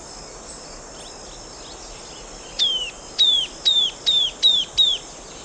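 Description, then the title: Bird song of six bright, high whistles, each sliding downward, spaced about half a second apart over steady background hiss. "LuckyPassaro Completos2Sama"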